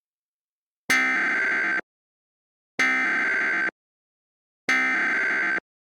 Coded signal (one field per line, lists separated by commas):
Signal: Emergency Alert System (SAME) tones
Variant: header bursts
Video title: Hawaii Hurricane (EAS Scenario)